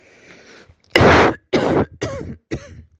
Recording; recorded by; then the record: voluntary cough; messaging app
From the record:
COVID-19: negative